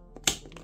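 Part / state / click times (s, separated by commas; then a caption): printed plastic segment into lightsaber hilt / seated / 0.3 s. A second printed plastic segment is pushed into position inside a 3D-printed retractable lightsaber hilt, giving a sharp, bright snap at 0.3 s as it clicks into place. Fainter small ticks and taps surround it before and after, and the segment is seated.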